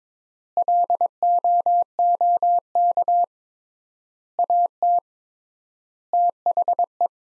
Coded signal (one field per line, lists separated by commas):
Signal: Morse code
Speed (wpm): 22 wpm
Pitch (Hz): 700 Hz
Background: none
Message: LOOK AT THE